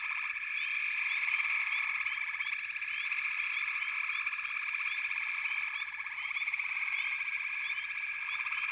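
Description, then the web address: Frogs in a continuous high chorus, layered trills forming a steady buzz, with brief upward chirps repeating throughout. "Nature Songs Nature Sounds The Natural Sounds of the Wilderness 10 CDs collection Echoes of Nature - Frog Chorus"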